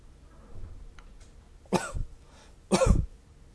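Two coughs from an adult, about a second apart.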